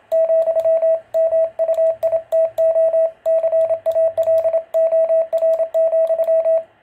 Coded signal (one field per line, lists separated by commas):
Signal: Morse code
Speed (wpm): 27 wpm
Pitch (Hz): 650 Hz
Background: radio noise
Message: ,MUITO CALOR,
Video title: QSO PY1LHL / PY2DNR CW IT'S A LIFESTYLE